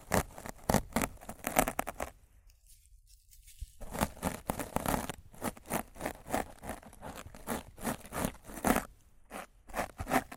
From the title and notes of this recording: ASMR Rough Mic Scratching & Brushing (No Talking).